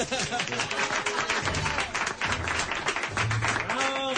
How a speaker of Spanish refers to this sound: Yo pediría un aplauso para Alejandro.